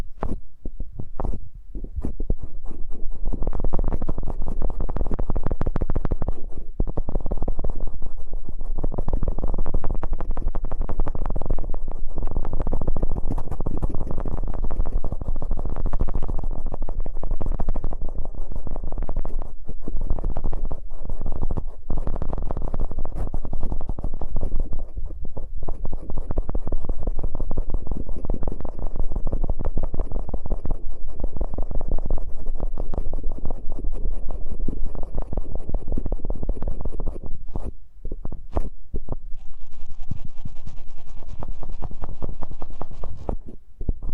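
Eardrum massage sounds: a thick, steady rubbing and scratching, heavy and muffled in the low end, running almost without pause. Brief breaks cut in every few seconds, and near the end the rubbing turns lighter with a thin, brighter hiss.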